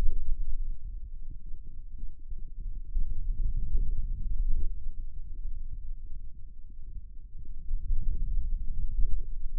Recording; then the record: forearm muscle sounds (acoustic myography)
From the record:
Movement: finger pinch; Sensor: system 2, bracelet of six BSWA MPA416 microphones around the upper forearm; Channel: 4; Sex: male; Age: 22 years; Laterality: right